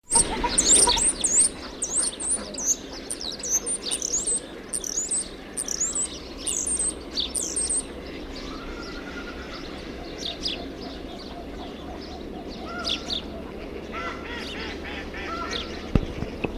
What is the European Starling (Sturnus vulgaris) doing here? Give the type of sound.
song